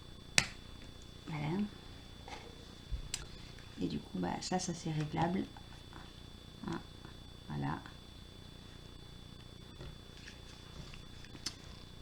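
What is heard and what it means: A clip-on accessory is pressed into a magnifying lens holder for diamond painting and seats with a sharp, loud snap at 0.4 s. Someone then talks over a few softer handling taps.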